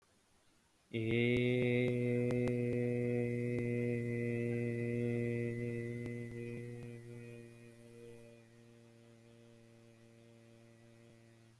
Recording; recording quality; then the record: sustained vowel as in made; excellent, no background noise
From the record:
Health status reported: exposed to COVID-19, no respiratory illness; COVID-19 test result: negative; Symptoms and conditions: cold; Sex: male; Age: 25 years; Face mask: not worn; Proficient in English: yes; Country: India